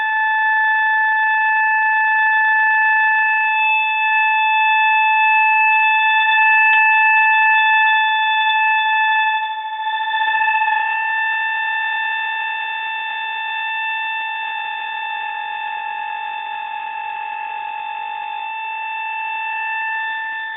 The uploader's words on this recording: Charly's Kettle. Charly got a new kettle before xmas. Phone-fidelity ftw!